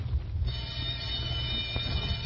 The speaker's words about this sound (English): Here's the yard bell. Duty calls. I don't want to be late.